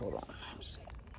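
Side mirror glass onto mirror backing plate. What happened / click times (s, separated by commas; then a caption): Handled, not yet home: mirror glass not yet snapped onto its backing / none. Someone talks while handling an 11th gen blue side mirror glass against its plastic backing plate, with low rumbling handling noise underneath. Nothing has seated or clicked yet.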